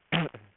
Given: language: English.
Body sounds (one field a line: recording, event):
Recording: throat vibration sensor signal played as sound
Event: throat clearing